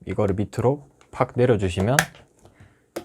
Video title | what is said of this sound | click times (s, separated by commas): 보만 스팀다리미 사용법 & 리뷰 | 으 딸깍 소리가 나면서 고정이 되요 이렇게 이제 | 3.0 s